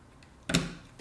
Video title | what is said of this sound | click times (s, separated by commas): Best Wireless Keyboard with Hotswap - Keychron Build Guide | do not force it you'll hear a satisfying click when it's locked in properly | 0.5 s